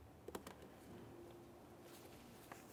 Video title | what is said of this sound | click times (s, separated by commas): How to Replace Serpentine Belt Idler Pulley 2001-2005 Ford Sport Trac XLT | electrical connector slide it in listen for a click there | 0.3 s